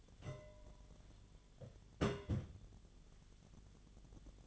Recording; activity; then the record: daily activity, microphone in the room; place on stove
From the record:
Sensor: 4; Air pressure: 1010.9 hPa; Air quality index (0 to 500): 166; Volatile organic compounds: 4 ppm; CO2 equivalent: 1694 ppm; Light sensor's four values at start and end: 41/116/47/48 and 41/116/47/48